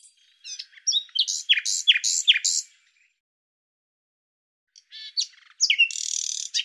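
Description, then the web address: Bird song of loud slurred chirps in a rhythmic series, a silent gap of about two seconds, then twittering that ends in a sustained buzzy trill. "Deverinetal 2025"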